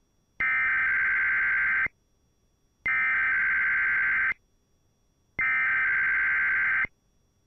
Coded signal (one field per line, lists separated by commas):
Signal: Emergency Alert System (SAME) tones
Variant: header bursts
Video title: EAS 3197-3202: Sunday Morning EAS Tests from 05/01/22￼